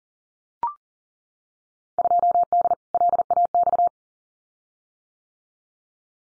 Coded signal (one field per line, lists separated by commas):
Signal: Morse code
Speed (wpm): 42 wpm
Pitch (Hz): 700 Hz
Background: none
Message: 2D LAX